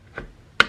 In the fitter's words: and it snaps right in there